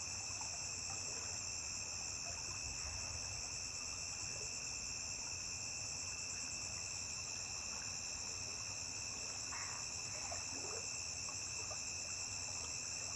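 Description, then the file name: Cricket giving a long unbroken high trill, with a couple of brief lower bursts. A single high-pitched cricket singing by a riverbank. "Grilo agudo isola cantando beira de rio"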